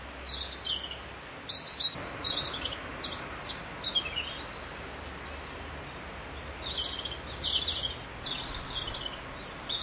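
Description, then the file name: Bird song of high, thin chirps and twitters in short scattered bursts, pausing between phrases, over a constant low background noise. "Vogel"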